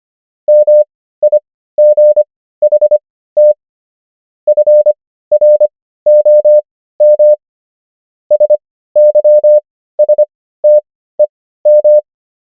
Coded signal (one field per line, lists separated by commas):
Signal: Morse code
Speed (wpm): 25 wpm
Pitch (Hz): 600 Hz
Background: none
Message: MIGHT FROM SYSTEM